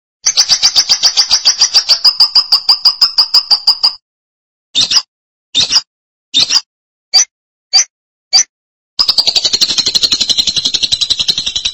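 Lovebird chattering song: a rapid buzzy high trill for about four seconds, then short separate bursts with silent gaps, then another long rapid trill.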